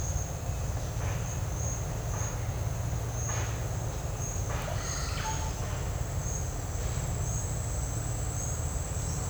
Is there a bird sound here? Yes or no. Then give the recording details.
yes. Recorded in dense forest near Puerto Asís, Putumayo, Colombia, on 20 December 2024 at 09:30. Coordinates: 0.468, -76.322. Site G071